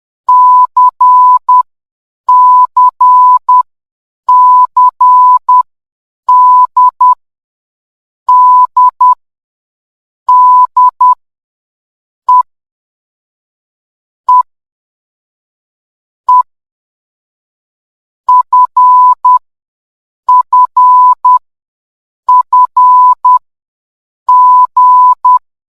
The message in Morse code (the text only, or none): C C C D D D E E E F F F G